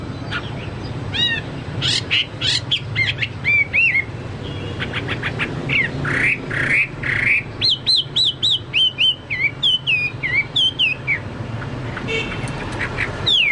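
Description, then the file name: Chinese hwamei song: long varied run of loud whistled, slurred and repeated notes, phrases changing every few seconds, with a low hum underneath. "hwamei-2-omkicau"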